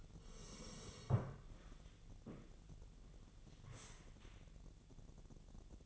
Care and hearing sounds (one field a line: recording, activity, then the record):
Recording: daily activity, microphone in the room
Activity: sit down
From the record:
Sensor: 4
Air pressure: 1001.2 hPa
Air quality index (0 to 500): 182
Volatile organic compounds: 2 ppm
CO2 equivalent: 1304 ppm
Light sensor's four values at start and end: 14/33/13/14 and 14/33/13/14